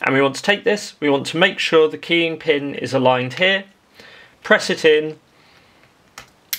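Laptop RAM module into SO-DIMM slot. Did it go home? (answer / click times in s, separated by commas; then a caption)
yes / 6.5 s. Someone talks while an 8 GB DDR4 2400 SO-DIMM memory stick is fitted into the laptop RAM slot of a Dell Latitude 7390: it goes in at an angle with the keying notch aligned, then is pressed down. A faint tap comes at 6.2 s, then a sharp click at 6.5 s as the side retention clips snap over the module and it seats.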